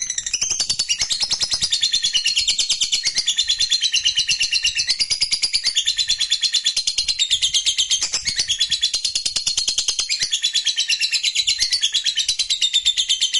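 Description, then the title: Lovebird in a long bout of nonstop shrill chattering, high buzzy notes tumbling rapidly. Fighter-type lovebird singing energetically (gacor). "SUARA Lovebird FIGHTER GACOR"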